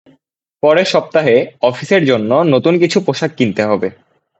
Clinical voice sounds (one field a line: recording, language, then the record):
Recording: elicited speech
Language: Bengali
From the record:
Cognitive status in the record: cognitively healthy